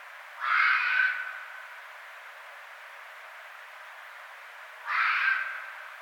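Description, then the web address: Red fox giving two harsh, hoarse screams a few seconds apart, each under a second long, with steady background hiss between them. Recorded 6 February 2012. "Red Fox 2012 02 06 Red Fox"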